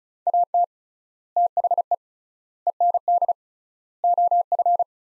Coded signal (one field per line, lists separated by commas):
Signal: Morse code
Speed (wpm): 34 wpm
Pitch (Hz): 700 Hz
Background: none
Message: AT THE END OF